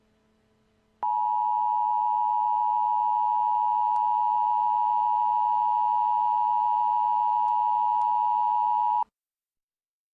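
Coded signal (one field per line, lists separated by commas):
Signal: Emergency Alert System (SAME) tones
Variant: 853 and 960 Hz attention tone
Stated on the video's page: Mock, simulated Emergency Action Notification made for entertainment, not a real alert.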